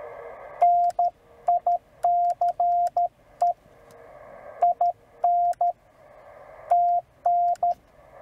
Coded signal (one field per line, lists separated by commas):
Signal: Morse code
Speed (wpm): 13 wpm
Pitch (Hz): 700 Hz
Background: radio noise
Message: NICE IN TN